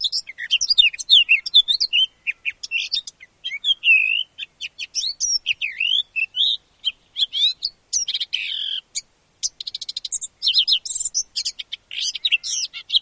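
Eurasian blackcap song, a long rapid stream of varied high chattering and warbling notes with scratchy buzzes and short whistled slurs, barely pausing.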